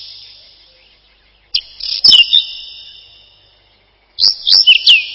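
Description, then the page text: Whinchat song: two short scratchy phrases of quick high chirps and whistles, separated by about two seconds of silence, with long ringing tails after each note. "Луговой чекан — Saxicola rubetra"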